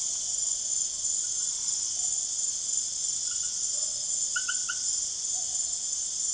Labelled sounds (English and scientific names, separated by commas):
none